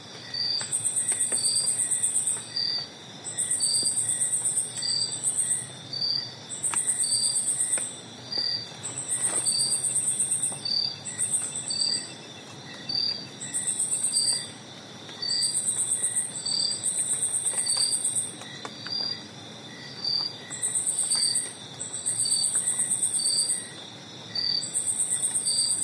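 Forest insects trill in shrill bursts of about a second, over a steady, evenly pulsed chirping and a faint low hush beneath.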